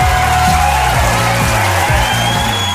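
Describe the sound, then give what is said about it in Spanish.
A loud, steady wash of crowd cheering and applause, with scattered whoops and shouts rising above a dense roar that holds at full volume throughout. “Así que desde aquí nuestros aplausos a Elena, todas las semanas por estar ahí al pie del cañón.”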